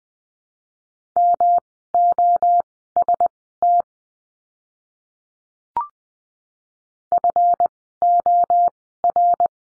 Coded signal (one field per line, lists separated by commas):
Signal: Morse code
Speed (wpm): 20 wpm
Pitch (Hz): 700 Hz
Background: none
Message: MOST FOR